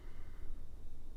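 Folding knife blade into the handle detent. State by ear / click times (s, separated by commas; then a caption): not seated / none. A steel folding pocket knife blade is being handled and closed toward its G10 handle to test the detent. Only quiet, low rustling handling noise is heard, with no distinct click. The blade has not snapped into the closed detent yet, and nothing has seated.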